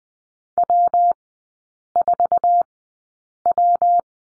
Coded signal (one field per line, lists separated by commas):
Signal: Morse code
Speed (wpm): 20 wpm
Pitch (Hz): 700 Hz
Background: none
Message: W4W